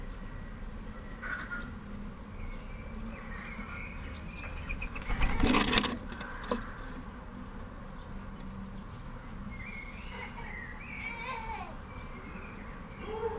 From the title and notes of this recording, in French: Bird feeder. Deux microphones dans une mangeoire à oiseaux. With a zoom H1n and binaural microphones Roland CS-10EM.